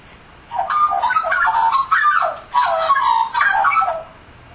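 Australian magpie caroling in four rich, yodelling bursts of mellow, bubbling notes that rise and fall, with short breaks between them.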